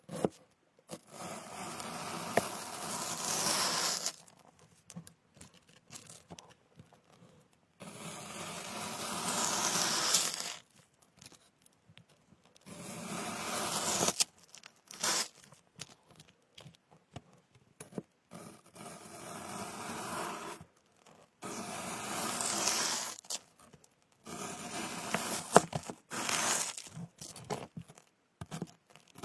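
Crisp bursts of cutting and crunching come in bouts of a few seconds, separated by near-silent pauses. The rasping sounds are bright and scratchy, with small clicks and knocks scattered through them.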